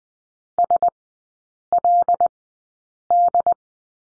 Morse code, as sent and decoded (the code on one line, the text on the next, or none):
... .-.. -..
SLD